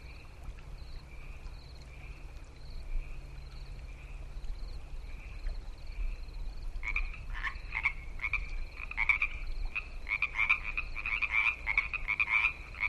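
Frogs croaking: a soft steady chorus gives way after about seven seconds to loud, rapid pulsed croaks that come in quick irregular bursts, with a low hum underneath.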